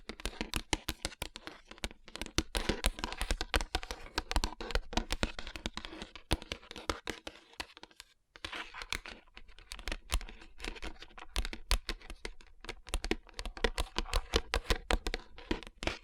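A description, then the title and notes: Fingernails tap and rub across rhinestone-covered palms in a dense, fast stream of crisp clicks and scratchy rustles. The sharp taps come irregularly, several per second, with a brief pause just past the eight-second mark before the quick tapping resumes. Tapping & Rubbing Rhinestone Covered Palms.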